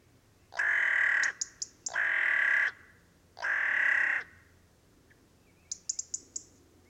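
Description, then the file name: Carrion crow uttering three loud, rasping caws with short gaps between, each just under a second long, with scattered high-pitched ticks between and after them. "Corvus corone"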